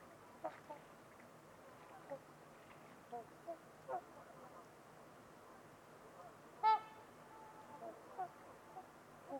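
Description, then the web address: Trumpeter swans giving soft, scattered honks, then one loud ringing trumpeting note, followed by more faint calls in quiet surroundings. Trumpeter swans on a winter evening at Winters Lake in a deep, silent valley, with distant white noise. "Trumpeter Swans on a Winter's Eve. Winters-Lake-with-Swan. Wind Is the Original Radio"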